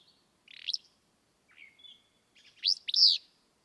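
Willow flycatcher song: a buzzy rising note, a thin slurred whistle, then a loud, sneezy two-part burry phrase.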